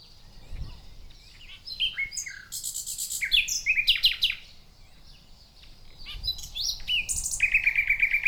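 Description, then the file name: Common nightingale with varied phrases: slurred whistles, buzzy rattling bursts, and a closing run of fast repeated trill notes, with faint low rumbles in the background. "Luscinia megarhynchos"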